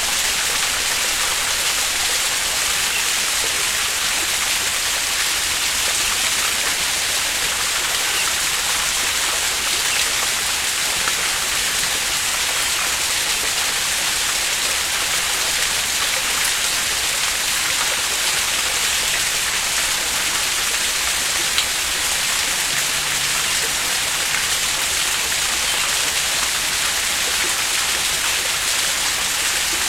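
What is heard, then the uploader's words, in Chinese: Stream water flows steadily in a quiet mountain setting, a dense, even hiss that stays unchanged for the whole half minute. The sound sits bright and high, with little low rumble, as if the water runs over shallow stones. 溪水声。微微深入深山录制的自然之声。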